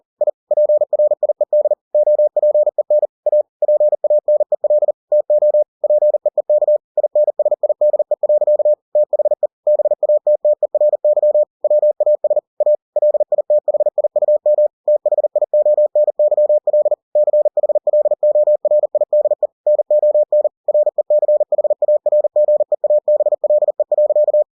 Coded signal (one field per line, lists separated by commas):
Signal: Morse code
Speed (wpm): 40 wpm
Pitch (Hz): 600 Hz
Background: none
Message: I PRIED OPEN A PANEL TO PEEK INSIDE. THE BATTERY WAS A LITHIUM THIONYL CHLORIDE NON RECHARGEABLE.